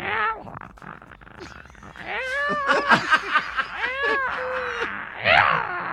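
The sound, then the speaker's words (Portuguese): A person imitates the mating yowl of a tomcat in heat going after a female cat: a series of drawn-out, wavering wails that rise and fall in pitch, growing louder and more strained, ending in a sharp, harsh cry. “Não, é um gato que ele só mia quando ele está, quando ele vai pegar a gata, no cio.”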